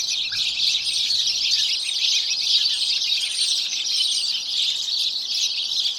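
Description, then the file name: House sparrow chatter from many birds at once, a continuous high twittering din with occasional thin whistled notes above it. "Passer domesticus"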